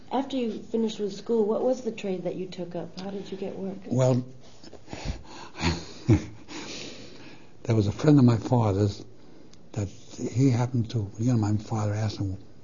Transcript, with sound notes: After you finished with school, what was the trade that you took up? How did you get work? (he laughs)
there was a friend of my father's that he happened to, my father asked him,